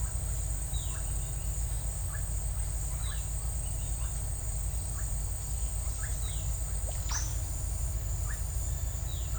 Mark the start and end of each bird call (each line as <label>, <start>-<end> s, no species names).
bird call, 0.66-1.03 s
bird call, 2.08-2.26 s
bird call, 2.97-3.26 s
bird call, 4.92-5.10 s
bird call, 5.99-6.47 s
bird call, 7.02-7.39 s
bird call, 8.20-8.37 s
bird call, 9.09-9.35 s